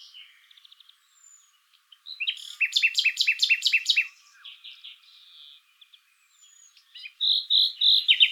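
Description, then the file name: Common nightingale delivering soft ticks, then a loud burst of rapidly repeated sharp notes, a buzzy section, and a final series of strong repeated chirps. "Luscinia megarhynchos"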